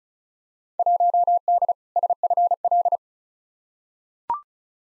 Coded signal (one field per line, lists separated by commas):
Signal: Morse code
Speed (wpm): 36 wpm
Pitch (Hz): 700 Hz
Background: none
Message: 1D SFL